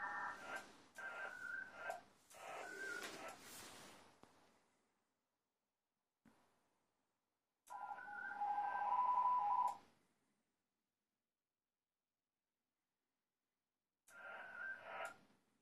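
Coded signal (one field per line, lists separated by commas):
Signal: HF data modem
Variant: ARDOP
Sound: three separate bursts of warbling data tones with hiss, pauses between transmissions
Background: radio static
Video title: Piin likiarvon lähetys Ardop Winlink -protokollalla OH2RBB linkkiaseman kautta lokaatiosta KP10WR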